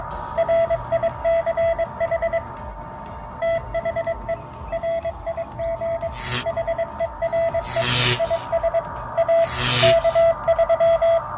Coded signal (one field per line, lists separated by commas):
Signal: Morse code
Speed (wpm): 22 wpm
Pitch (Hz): 670 Hz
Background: none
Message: RICH THE RIG HERE IS A K3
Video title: My Portable Folding Hamshack Chair